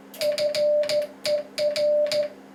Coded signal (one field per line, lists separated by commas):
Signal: Morse code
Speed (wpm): 13 wpm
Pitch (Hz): 590 Hz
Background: music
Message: FER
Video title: Using a spitfire morse key